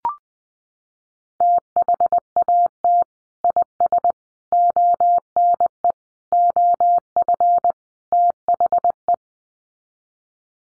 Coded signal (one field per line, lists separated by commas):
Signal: Morse code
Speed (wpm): 20 wpm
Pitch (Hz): 700 Hz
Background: none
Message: THAT IS ONE OF THE